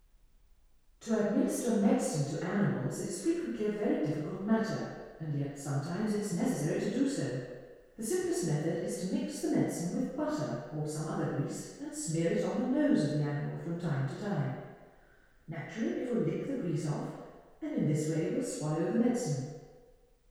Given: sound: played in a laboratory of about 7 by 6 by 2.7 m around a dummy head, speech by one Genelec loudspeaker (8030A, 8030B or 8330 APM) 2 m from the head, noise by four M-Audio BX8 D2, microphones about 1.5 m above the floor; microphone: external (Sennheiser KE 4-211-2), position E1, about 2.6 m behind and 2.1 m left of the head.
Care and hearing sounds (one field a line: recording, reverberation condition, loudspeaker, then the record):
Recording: female speech in English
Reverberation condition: high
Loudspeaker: 120 degrees to the left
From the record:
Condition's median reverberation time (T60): about 1300 ms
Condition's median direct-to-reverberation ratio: about -4.0 dB